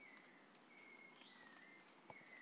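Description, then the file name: Pumpkin toadlet call: four evenly spaced, high, buzzy pulsed notes over a faint steady whistle. Recorded at Monte Crista, Brazil, in November 2016, 100 cm from the microphone. "Brachycephalus sulfuratus Monte Crista 100 cm from microphone Luiz Fernando Ribeiro NOV-2016"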